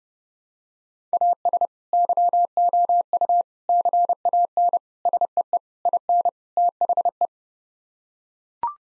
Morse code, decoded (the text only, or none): AS YOU CAN SEE IN THE